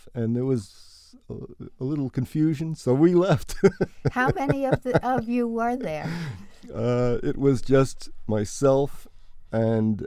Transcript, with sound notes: And there was a little confusion so we left. [Laughter]
How many of you were there?
It was just myself and